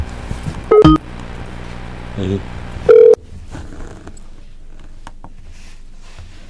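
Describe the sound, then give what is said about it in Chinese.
A couple of short, loud electronic telephone tones, brief dialing beeps followed by a longer steady tone, with a voice speaking briefly and a low background hum throughout. “喂， 打电话。”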